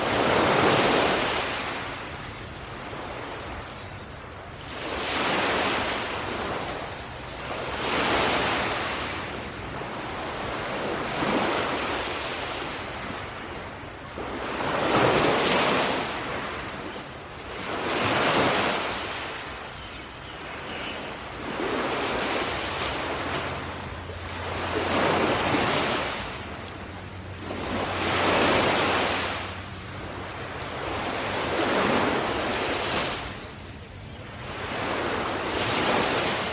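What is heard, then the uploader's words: Ocean waves wash onto shore in steady surges every four to five seconds, each a soft hissing swell over a low, constant rumble. Ocean waves. Imagine sitting on the beach at dusk; awaiting the sunset. All Raw and mixed audio recorded on: Focusrite Scarlett CM25, Focusrite Scarlett 2i2 Audio interface.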